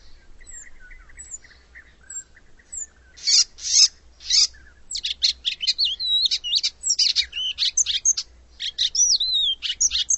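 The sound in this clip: Bird calls, a rapid series of sharp high chirps and twittering bursts, quiet at first then loud and dense, with swooping slurred notes.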